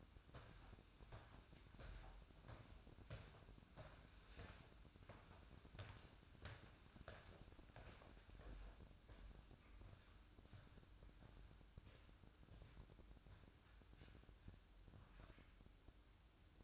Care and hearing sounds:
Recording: daily activity, microphone in the room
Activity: walk to room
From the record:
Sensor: 2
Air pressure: 1008.1 hPa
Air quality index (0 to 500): 115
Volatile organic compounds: 1 ppm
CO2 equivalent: 856 ppm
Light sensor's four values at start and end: 7/16/7/7 and 7/17/7/7

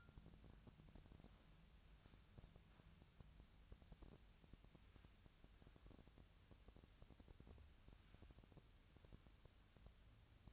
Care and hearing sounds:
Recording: daily activity, microphone in the room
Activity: wipe stove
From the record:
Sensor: 2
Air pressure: 1003.1 hPa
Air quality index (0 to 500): 199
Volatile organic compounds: 6 ppm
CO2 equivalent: 1891 ppm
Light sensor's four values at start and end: 8/20/8/9 and 8/20/8/9

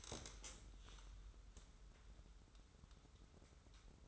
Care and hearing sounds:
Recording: daily activity, microphone in the room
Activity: stand up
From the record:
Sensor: 3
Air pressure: 994.4 hPa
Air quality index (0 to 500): 199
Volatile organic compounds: 1000 ppm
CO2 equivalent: 6607 ppm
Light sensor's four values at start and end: 116/271/112/105 and 183/434/184/186

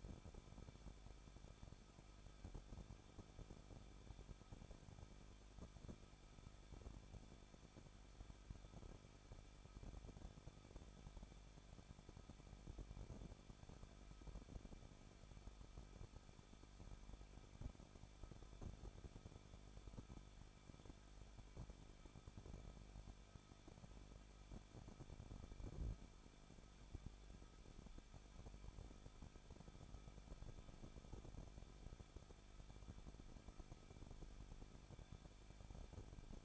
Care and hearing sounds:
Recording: daily activity, microphone in the room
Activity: no activity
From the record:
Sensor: 5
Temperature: 20.8 degrees Celsius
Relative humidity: 38.3%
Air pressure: 1006.4 hPa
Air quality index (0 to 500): 188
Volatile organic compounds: 19 ppm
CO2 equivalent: 2648 ppm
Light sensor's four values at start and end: 2/3/1/1 and 2/3/1/1

